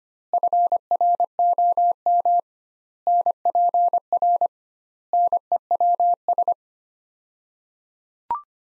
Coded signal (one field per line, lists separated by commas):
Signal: Morse code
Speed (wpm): 25 wpm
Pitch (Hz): 700 Hz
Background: none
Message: FROM NPR NEWS